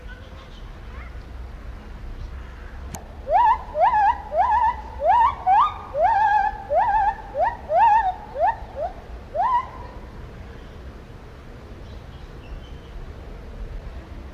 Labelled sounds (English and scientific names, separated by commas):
Lar Gibbon (Hylobates lar)